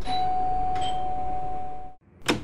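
A doorbell rings with a steady sustained chime, joined briefly by a higher tone, holding for nearly two seconds before cutting off, followed by a short sharp clack.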